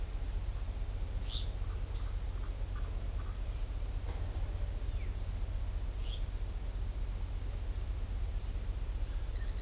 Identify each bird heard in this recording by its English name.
Greater Ani, Ochre-lored Flatbill